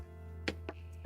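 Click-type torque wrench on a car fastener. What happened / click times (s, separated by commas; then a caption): Torque wrench clicks at setting / 0.5 s. A click-type torque wrench tightens a fastener on a car until it breaks over at its set torque, where its calibrated internal springs release. A sharp pop is heard at 0.5 s over a steady low hum, followed by fainter clicks at 0.7 s and 1.1 s, showing the wrench reached its setting.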